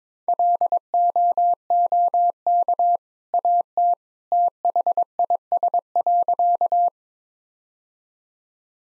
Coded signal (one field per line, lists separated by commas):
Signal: Morse code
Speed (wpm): 22 wpm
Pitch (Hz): 700 Hz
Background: none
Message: LOOK AT THIS.